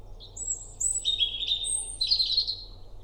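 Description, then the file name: European robin song, a brief phrase mixing very high, thin drawn-out notes with lower tinkling trills, over a steady faint low hum. "Erithacus rubecula"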